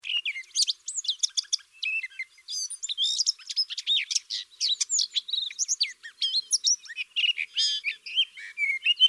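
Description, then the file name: Eurasian blackcap warbling song: fast, jumbled runs of sharp chirps, trills and slurred whistles poured out almost without pause. "Sylvia atricapilla"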